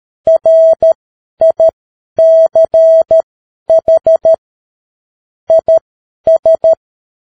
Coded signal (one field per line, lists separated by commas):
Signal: Morse code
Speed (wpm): 13 wpm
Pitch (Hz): 650 Hz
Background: none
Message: RICH IS